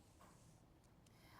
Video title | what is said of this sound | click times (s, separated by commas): 2002 2003 MAJORS PD 9 B | Next, secure the shoe on the top of the tripod by releasing these levers and the shoe will snap into place. | 1.1 s